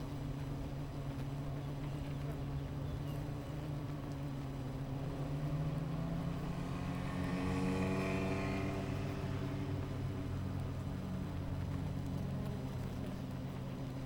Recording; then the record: honeybee colony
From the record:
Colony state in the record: missing queen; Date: 14 July 2017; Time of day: 11:11